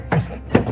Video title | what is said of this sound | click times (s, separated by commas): DIY - License plate and backup light upgrade to LED on ES330 | Okay, and then flip it and you hear the click. So then you know it's in tight. | 0.5 s